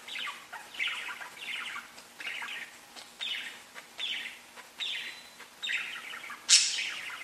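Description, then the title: Budgerigar chirping, a series of scratchy, slightly downslurred chirps repeated about every second, ending in one sharper, higher squeak. "Budgie Sounds"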